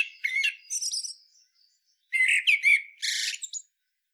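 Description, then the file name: Common blackbird, two bursts of scratchy chatter mixed with brief slurred whistles and a high rasping flourish at the end. "Turdus merula"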